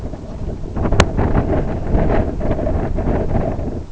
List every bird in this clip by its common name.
none